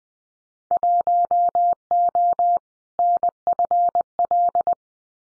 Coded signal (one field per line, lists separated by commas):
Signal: Morse code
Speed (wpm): 19 wpm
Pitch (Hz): 700 Hz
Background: none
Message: 1O NFL